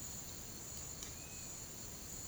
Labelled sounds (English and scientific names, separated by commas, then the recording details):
none
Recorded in pastures near Puerto Asís, Putumayo, Colombia, on 8 March 2025 at 09:00
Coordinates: 0.486, -76.323
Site G075